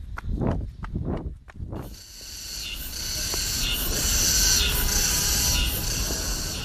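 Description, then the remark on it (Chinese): Runners' footsteps crunch on a path in Olympic Forest Park (奥林匹克森林公园) in a quick run of four steps, then give way to a steady, dense hiss of insects droning on without pause. “奥林匹克森林公园，跑者的脚步声构成了一曲独特的乐章。”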